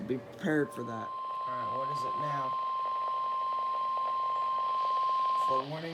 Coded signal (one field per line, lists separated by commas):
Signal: Emergency Alert System (SAME) tones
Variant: 1050 Hz attention tone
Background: speech